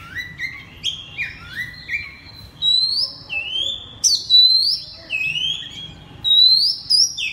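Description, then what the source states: Oriental magpie-robin singing loud, clear rising whistles, first a series of short upslurred notes, then longer swelling whistled phrases. Loud song in the Indonesian 'ngeplong' style, bird called kacer.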